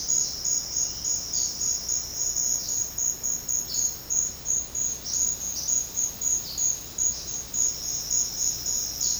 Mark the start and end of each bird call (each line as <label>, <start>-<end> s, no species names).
bird call, 1.28-1.52 s
bird call, 2.51-2.87 s
bird call, 3.66-3.98 s
bird call, 5.03-5.72 s
bird call, 6.46-6.71 s
bird call, 7.07-7.45 s
bird call, 9.01-9.18 s